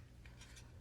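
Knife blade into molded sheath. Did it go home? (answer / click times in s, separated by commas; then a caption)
yes / 0.3 s. A fixed-blade hunting knife is pushed into its molded taco-style sheath, with a click at 0.3 s as it locks into place. Soft scraping and rubbing follow, and once seated the knife has absolutely no movement in the sheath.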